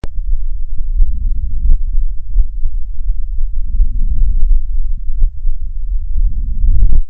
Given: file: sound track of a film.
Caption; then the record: Respiratory sounds of healthy volunteer 9 recorded with the 3M Littmann stethoscope.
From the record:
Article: A Low-Cost, Ear-Contactless Electronic Stethoscope Powered by Raspberry Pi for Auscultation of Patients With COVID-19: Prototype Development and Feasibility Study